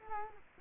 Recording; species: mosquito wingbeat signal from an infrared sensor; Culex quinquefasciatus